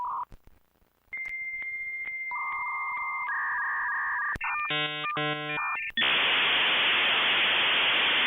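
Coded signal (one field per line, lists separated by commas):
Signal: dial-up modem handshake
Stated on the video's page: 56k modem.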